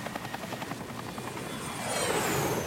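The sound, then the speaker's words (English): South Vietnamese military aircraft attacking from the air over the village of Trang Bang, off Highway 1 between Saigon and Cambodia, roar overhead: a steady rhythmic thudding of engines that swells into a louder, rushing drone with a thin high whine near the end. No voices are heard. “South Vietnamese attack from the air, while villagers take shelter in the pagoda.”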